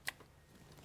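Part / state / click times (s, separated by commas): red connector position lock tab on ABS sensor connector / seated / 0.1 s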